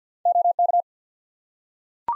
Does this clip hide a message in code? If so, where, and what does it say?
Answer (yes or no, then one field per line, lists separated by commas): yes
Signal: Morse code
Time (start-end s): 0.3-0.8 s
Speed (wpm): 51 wpm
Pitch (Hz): 700 Hz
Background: none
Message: OK